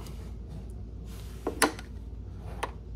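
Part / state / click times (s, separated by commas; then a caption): plastic steering part snap tabs into ride-on toy body / partly seated / 1.6 s. A plastic steering wheel part is held in place and pushed into the body of a plastic Step 2 Whisper Ride Cruiser ride-on toy until its snap tabs click through, with a sharp click at 1.6 s among a few softer ticks. The tabs push through, but one snap tab does not come all the way out, so the part is only partly seated.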